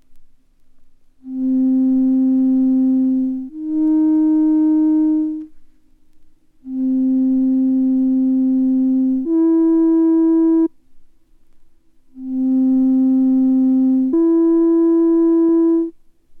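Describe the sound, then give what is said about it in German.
Pure sine tones sound out three acoustically precisely defined major-third intervals: each time a steady lower tone holds for about two seconds, then steps up to a higher one, with brief silences between pairs. “So zum Beispiel, wenn Sie jetzt die folgenden in der Akustik genau definierten Terzintervalle hören.”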